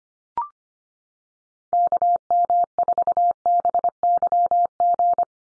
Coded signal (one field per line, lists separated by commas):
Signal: Morse code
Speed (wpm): 25 wpm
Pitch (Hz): 700 Hz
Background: none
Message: KM4BYG